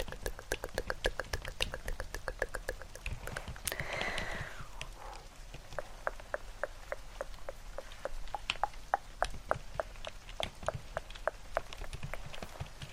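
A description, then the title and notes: Layered tapping and typing sounds: sharp clicks come in a quick, fairly even stream for the whole clip, over a soft, steady rain-like hiss and a low rumble. Around the four-second mark a brighter, smeared swell briefly rises before the clicking continues. ASMR Hand Movements + Layered Sounds (TkTk, Rain Sounds, Keyboard Typing).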